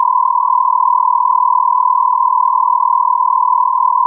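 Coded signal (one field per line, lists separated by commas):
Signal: radio time signal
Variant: Beta, RJH77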